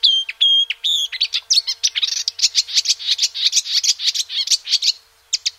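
Marsh warbler song opening with clear whistled notes, then a rapid rolling chatter of varied twittering phrases that stops briefly before two final chirps.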